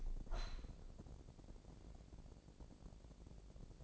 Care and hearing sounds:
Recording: daily activity, microphone in the room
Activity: open window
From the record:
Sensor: 5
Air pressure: 1012.4 hPa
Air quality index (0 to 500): 164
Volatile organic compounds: 2 ppm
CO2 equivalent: 1106 ppm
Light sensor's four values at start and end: 84/202/84/92 and 85/206/86/95

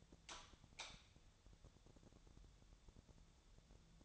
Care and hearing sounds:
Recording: daily activity, microphone in the room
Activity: light on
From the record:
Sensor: 3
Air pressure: 1000.0 hPa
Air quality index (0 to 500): 123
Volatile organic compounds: 2 ppm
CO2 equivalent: 1102 ppm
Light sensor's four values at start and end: 42/106/45/50 and 45/115/49/53

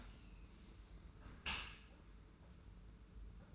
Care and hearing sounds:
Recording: daily activity, microphone in the room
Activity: close dishwasher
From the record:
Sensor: 2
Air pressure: 991.2 hPa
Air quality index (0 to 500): 140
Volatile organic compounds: 245 ppm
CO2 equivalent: 4348 ppm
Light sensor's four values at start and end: 39/112/44/42 and 39/112/44/42

